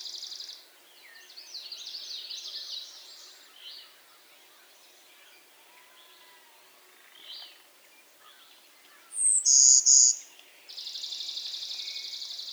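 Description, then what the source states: Golden-winged x Blue-winged Warbler hybrid song: scattered chirping notes, then a loud, piercing high note, followed by a long, steady buzzy trill running to the end. Hybrid of Golden-winged and Blue-winged Warbler (Vermivora chrysoptera x cyanoptera).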